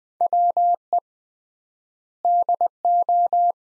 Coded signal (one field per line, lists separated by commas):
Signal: Morse code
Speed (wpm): 21 wpm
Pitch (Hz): 700 Hz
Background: none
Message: WE DO